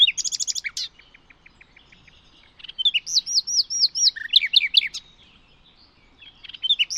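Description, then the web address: Bird song, high chirping phrases with rapid trills and a repeated series of looping whistled notes, separated by short pauses. "Bird Only"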